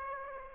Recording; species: mosquito wingbeat signal from an infrared sensor; Aedes aegypti